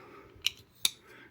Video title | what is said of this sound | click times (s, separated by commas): Firebird FH12-SS – один з найкращих бюджетних ножів на EDC. Красиво і статусно! | Я б сказав би, що це божественний клац. | 0.5 s, 0.9 s